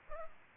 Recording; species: mosquito wingbeat signal from an infrared sensor; Culex pipiens